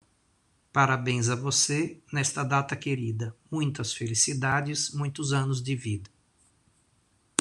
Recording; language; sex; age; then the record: short text; Brazilian Portuguese; male; 50 to 59 years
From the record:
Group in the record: control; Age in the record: 54 years